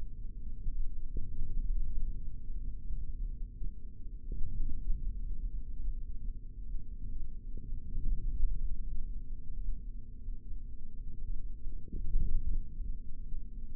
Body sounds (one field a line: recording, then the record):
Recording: forearm muscle sounds (acoustic myography)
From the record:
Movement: forearm supination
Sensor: system 3, bracelet of six PUI Audio POM-2738L microphones around the upper forearm, with dedicated amplification and filtering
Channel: 3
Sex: male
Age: 23 years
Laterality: right